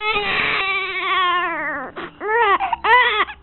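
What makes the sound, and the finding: Infant. Newborn cry.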